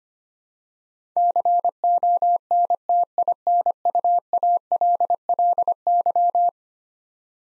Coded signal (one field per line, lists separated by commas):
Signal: Morse code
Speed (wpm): 25 wpm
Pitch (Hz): 700 Hz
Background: none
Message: CONTINUALLY